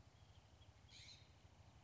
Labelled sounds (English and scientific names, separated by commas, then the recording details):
California Scrub-Jay (Aphelocoma californica)
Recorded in Sonoma County, California